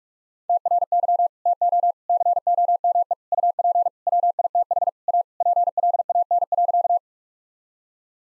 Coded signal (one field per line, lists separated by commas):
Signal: Morse code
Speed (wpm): 41 wpm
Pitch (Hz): 700 Hz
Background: none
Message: TRY TO COME UP WITH A PLAN.